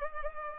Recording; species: mosquito wingbeat signal from an infrared sensor; Culex pipiens